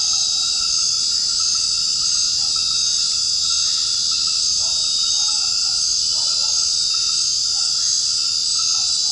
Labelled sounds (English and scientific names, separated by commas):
none